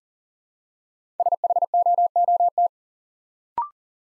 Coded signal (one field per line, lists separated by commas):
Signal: Morse code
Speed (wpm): 40 wpm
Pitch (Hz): 700 Hz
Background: none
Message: SHOOT